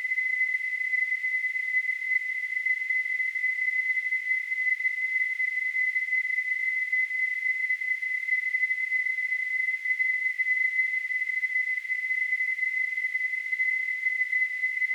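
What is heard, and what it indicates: A steady, high-pitched tone near 2 kHz over a faint hiss, as heard in tinnitus.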